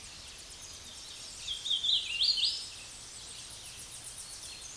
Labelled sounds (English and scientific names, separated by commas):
Hooded Warbler (Setophaga citrina) song